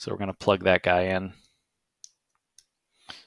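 Someone talks, then a small JST GH cable connector is pushed into its mating socket on the Lightware SF45/B LiDAR wiring. Sharp, fast-decaying clicks are heard at 2.0 s and 2.6 s, and the connector is seated.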